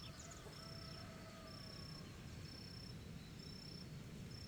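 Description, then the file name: Cricket chirping in short, steady high-pitched trills repeated regularly over a low rumble of wind. Rural setting with wind in the trees. "Ventando nas arvores em ambiente rural com ranger de madeira, galo cantando, grilo e pessoas"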